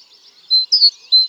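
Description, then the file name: Great tit with high paired whistled notes, a flat tone and a falling slur, over faint hiss. "Parus major"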